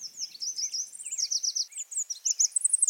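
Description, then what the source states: Red Warbler song, a rapid jumble of high thin chips and trilled notes. Sung on sunny mornings in the breeding season, February to May; silent when cloudy; endemic to the Mexican highlands in humid pine-oak-fir forests.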